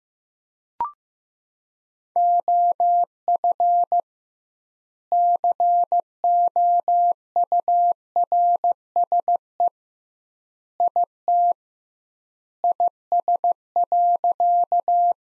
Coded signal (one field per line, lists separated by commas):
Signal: Morse code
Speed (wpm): 15 wpm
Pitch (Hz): 700 Hz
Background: none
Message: OF COURSE IT IS.